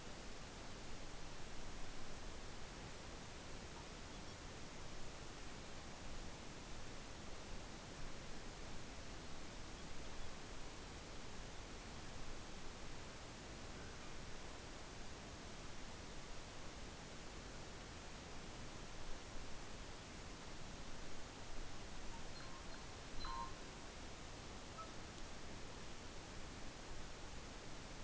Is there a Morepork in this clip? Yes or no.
no